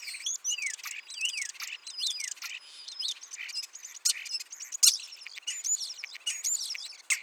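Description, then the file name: Common starling song, looping slurred whistles and clicks mixed with harsh bursts, delivered nonstop. "Spreeuw"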